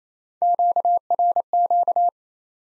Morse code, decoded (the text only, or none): QRQ